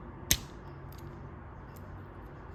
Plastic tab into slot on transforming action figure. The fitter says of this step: and you'll hear a snap.